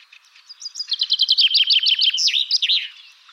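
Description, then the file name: Common chaffinch song: a quick run of repeated downward-sweeping notes, ending in a brighter, twisting flourish near the close. "Fringilla coelebs"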